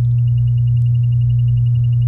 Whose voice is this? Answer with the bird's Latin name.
Serinus canaria